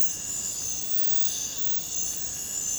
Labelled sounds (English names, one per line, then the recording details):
none
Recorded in secondary vegetation near Puerto Asís, Putumayo, Colombia, on 26 December 2024 at 03:30
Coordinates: 0.499, -76.323
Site G010